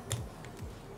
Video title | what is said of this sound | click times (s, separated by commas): Solved! Chevy 350 Eating Starters - Powermaster XS Torque Starter - How to Shim & Install + Review | we're doing the same thing on the starter just tightening these a little by little until we finally hear that that click there's one | 0.1 s